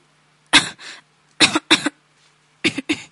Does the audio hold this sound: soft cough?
yes